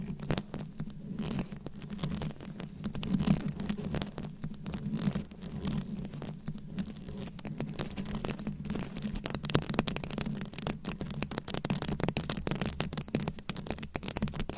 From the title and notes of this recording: ASMR Fast & Aggressive Mic Scratching with 20 DIFFERENT MICS Covers & Nails No Talking for Sleep.